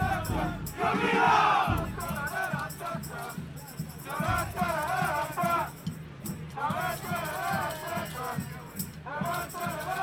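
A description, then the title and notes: Birmingham Legion FC fans make a dense, continuous crowd roar throughout. Voices rise in swelling shouts and chant-like bursts around the first, fourth and seventh seconds, over a steady low rumble and repeated thudding beats that pulse through the whole stretch. Sounds of 18,418 Birmingham Legion FC Fans.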